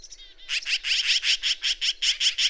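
Bird song: a few high, thin notes lead into a steady, loud run of many rhythmic, buzzy notes.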